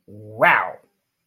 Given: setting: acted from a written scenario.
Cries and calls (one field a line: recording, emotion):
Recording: vocal sound without words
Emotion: elation